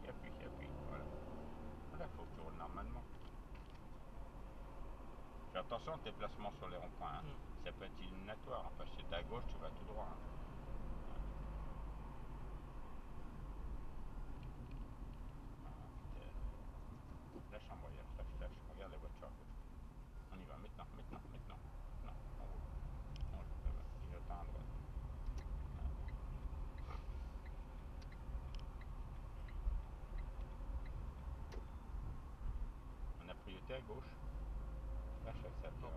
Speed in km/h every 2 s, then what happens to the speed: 39, 37, 39, 37, 39, 40, 33, 28, 25, 20, 18, 20, 20, 20, 20, 22, 26, 31.
0-10 steady at about 39. 10-19 slows to 18. 19-28 steady at about 20. 28-36 speeds up to 31.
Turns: none.